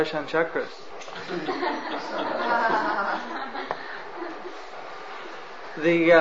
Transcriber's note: laughter